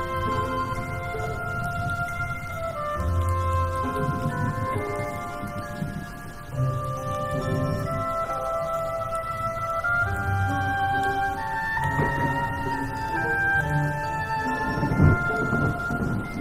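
An original soundtrack plays as slow, sustained tones that overlap and shift gradually, layered over a deep, rolling rumble like thunder. The level stays steady throughout, dipping briefly around six seconds, with a sharper low thud near fifteen seconds.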